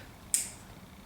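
The plastic locking tab on the battery cable connector of a C7 negative battery cable is pressed in. A single sharp, loud snap at 0.3 s, bright and strongest around 8 kHz, rings out briefly over a quiet low rumble. The connector position lock is seated and holds firmly.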